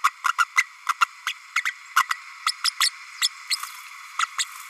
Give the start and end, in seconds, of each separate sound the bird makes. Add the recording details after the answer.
0.04-0.10, 0.24-0.32, 0.38-0.44, 0.57-0.67, 0.89-0.93, 1.01-1.05, 1.27-1.33, 1.55-1.63, 1.65-1.73, 1.96-2.03, 2.10-2.16, 2.46-2.52, 2.64-2.70, 2.80-2.90, 3.21-3.28, 3.50-3.56, 4.19-4.27, 4.38-4.44. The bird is a female. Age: 32 days. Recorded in a nest box in Venezuela. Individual 17B32A5